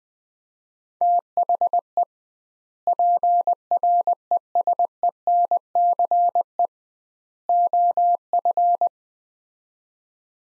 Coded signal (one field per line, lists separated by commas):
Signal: Morse code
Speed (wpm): 20 wpm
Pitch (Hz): 700 Hz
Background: none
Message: THE PRESENCE OF